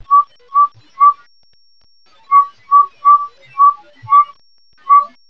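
Northern saw-whet owl giving clear, even whistled toots on one pitch, a run of three, a pause, then six more at roughly two per second, against near silence.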